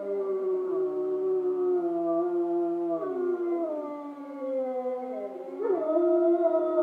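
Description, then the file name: Wolf: wolves howling together, several long overlapping tones sliding slowly down and then rising, with one voice jumping higher near the end. Several wolves, Schorfheide, Germany, 29 October 2015. "Wölfe Schorfheide"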